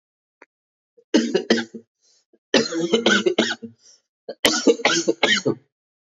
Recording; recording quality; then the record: heavy voluntary cough; excellent, no background noise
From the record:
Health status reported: healthy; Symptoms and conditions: none ticked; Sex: male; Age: 29 years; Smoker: not ticked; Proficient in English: yes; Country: India